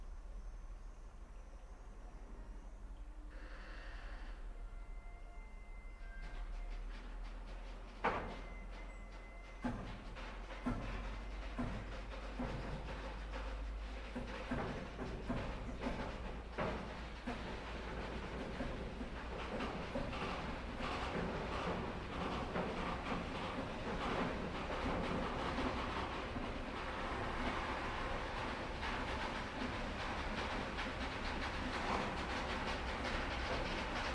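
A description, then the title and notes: A train rolls along in a steady, dense rumble with a constant low hum underneath. Clacking wheel beats start sharply around eight seconds and keep repeating, growing busier and more regular as the run continues, with brief metallic squeals early on. The rhythmic chugging of old-fashioned locomotives and the resonant echoes of steam-powered engines. Old-Fashioned Locomotive Ambiance.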